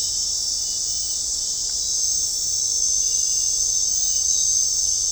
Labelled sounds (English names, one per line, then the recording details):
none
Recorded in dense forest near Puerto Asís, Putumayo, Colombia, on 20 December 2024 at 21:30
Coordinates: 0.499, -76.324
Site G045